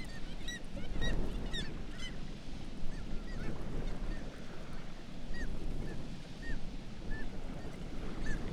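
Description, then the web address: Black-legged kittiwakes calling, a run of nasal, rising-falling cries in quick bursts from several birds over a heavy low rumble like surf or wind. "sound Black-legged-kittiwake. صدای-پرنده-کاکایی-پاسیاه"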